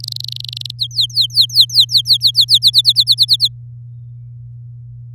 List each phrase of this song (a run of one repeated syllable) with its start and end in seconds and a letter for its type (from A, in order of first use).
0.00-0.71 A, 0.79-2.58 B, 2.62-3.48 C